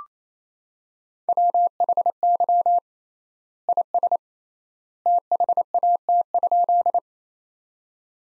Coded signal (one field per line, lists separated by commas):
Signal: Morse code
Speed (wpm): 28 wpm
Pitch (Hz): 700 Hz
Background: none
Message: WHY IS THAT?